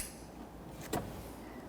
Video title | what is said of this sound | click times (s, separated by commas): How to Replace Variable Valve Timing Solenoid 2014-2019 Toyota Corolla 1.8L | Push till you hear it click. | 0.9 s